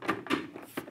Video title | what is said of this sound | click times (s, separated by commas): HJC i70 Full Face Helmet Detailed Breakdown | while the visor is in the open position, and it's going to simply click into place, | 0.1 s